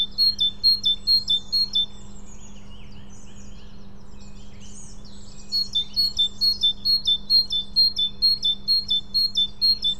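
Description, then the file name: Great tit, a high see-saw two-note phrase repeated several times, a pause filled with soft chatter, then many more repetitions. Steady low hum underneath. "Parus major"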